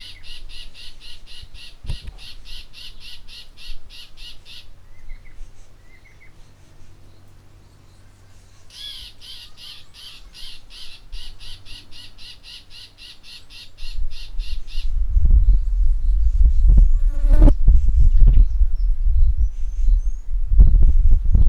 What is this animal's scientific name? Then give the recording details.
Cichladusa guttata. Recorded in northern Uganda